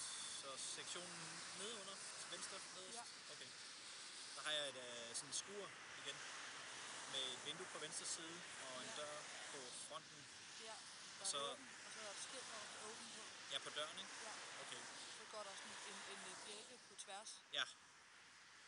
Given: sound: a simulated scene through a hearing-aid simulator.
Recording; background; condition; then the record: conversation; traffic; 0 dB SNR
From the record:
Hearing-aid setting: standard clinical setting (NAL); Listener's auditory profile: B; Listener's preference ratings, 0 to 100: 92, 59, 56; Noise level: 75 dB SPL